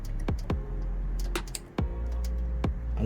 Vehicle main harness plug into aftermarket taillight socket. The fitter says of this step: you hear it click that's done